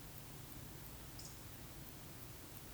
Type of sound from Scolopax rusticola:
whistle